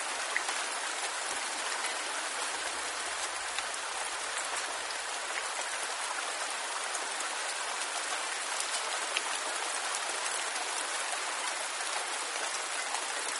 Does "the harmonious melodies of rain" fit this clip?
yes